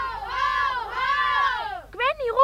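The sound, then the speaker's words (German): Loud, sing-song voices of children playing forfeit games and rhyming on cobblestone pavement chant in long drawn-out rising and falling calls, followed by a couple of shorter, sharper shouted phrases. “Kapitän Kett an seiner Vorhang verhängten Schonerstückpforte, die für die Gezeiten der Frühlingssonne offen steht, hört die schlimmen Kinder mit ihren Liebespfänderspielen auf dem Kopfpflaster klappern und reimen.”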